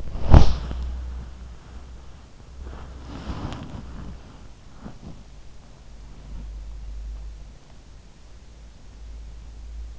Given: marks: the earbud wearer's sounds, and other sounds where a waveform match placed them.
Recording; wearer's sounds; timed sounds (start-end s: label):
sounds in sleep by an in-ear microphone; body movement
0.00-1.26 s: body movement
2.68-5.31 s: body movement